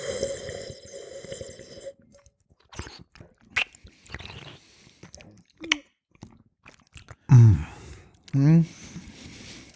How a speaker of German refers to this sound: So, jetzt werde ich ein bisschen schlürfen, nicht erschrecken.